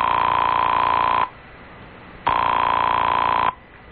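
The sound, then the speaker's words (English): A telephone ringing heard down the line on a call placed with a credit card from a doctor's house in Austria: two long, steady buzzing rings of even pitch, each over a second, separated by a brief quiet gap, with a thin, band-limited phone-line quality and no talking. “She was also kind enough to let me make a phone call on my credit card.”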